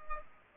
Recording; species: mosquito wingbeat signal from an infrared sensor; Culex pipiens